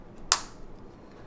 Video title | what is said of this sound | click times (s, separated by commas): How to Replace Car Key Battery on Toyota | It should snap back in. | 0.3 s